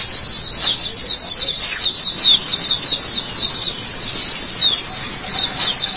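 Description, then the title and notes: White-eye singing a rapid, high-pitched warbling twitter: quick, sliding chirps strung together nonstop with slight swells in loudness. "Suara kicauan burung pleci"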